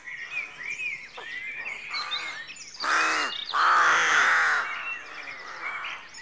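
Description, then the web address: Rook caws in a busy chorus, rough nasal calls overlapping, then two long, loud grating caws in the middle before the chatter settles again. Rookery at dawn; rural outdoor atmosphere. "The BBC Sound Effects Library. Rookery Dawn"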